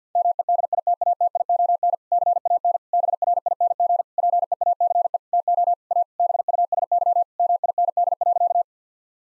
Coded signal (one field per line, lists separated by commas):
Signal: Morse code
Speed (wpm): 50 wpm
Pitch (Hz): 700 Hz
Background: none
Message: MEDITATION CAN BRING PEACE TO A BUSY MIND.